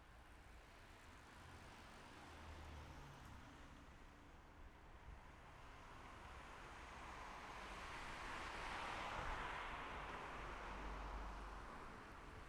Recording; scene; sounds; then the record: everyday scene through a hearing-aid microphone; in traffic; traffic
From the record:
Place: city secondary road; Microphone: behind the ear, left, rear